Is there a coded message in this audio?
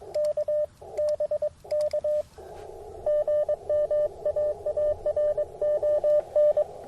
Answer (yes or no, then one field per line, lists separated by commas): yes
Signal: Morse code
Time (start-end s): 0.2-6.6 s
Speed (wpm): 22 wpm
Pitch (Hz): 600 Hz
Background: radio noise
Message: K BK GM AARON